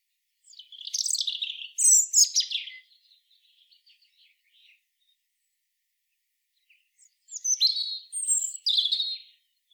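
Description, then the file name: European robin song: two rich, high warbled phrases with fluting and trilling notes, separated by a few seconds of near silence and faint ticks. "Erithacus rubecula"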